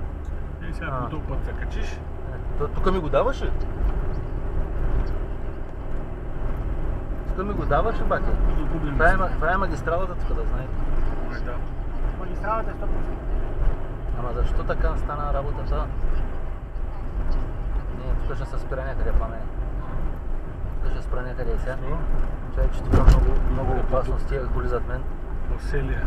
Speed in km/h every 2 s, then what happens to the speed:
52, 57, 59, 60, 61, 63, 63, 64, 62, 61, 60, 60, 61.
0-9 speeds up to 63. 9-26 steady at about 61.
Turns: none.